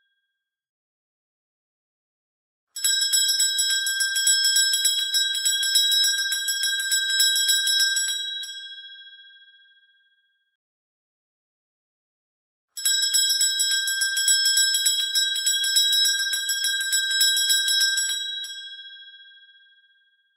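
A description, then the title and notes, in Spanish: A small Christmas bell is shaken in two bursts, one starting near the three-second mark and another near thirteen seconds. Each burst is a dense, rapid, bright jingling lasting about six seconds, then rings out and fades, with silence in between. Sonido de campanilla de navidad.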